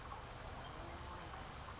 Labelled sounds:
California Towhee
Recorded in Sonoma County, California

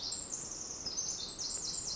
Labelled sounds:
Pacific Wren
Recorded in Sonoma County, California

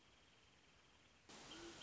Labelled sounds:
Wrentit
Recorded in Sonoma County, California

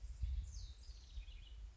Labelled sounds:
House Wren
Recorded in Sonoma County, California

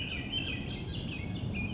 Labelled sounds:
Swainson's Thrush
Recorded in Sonoma County, California

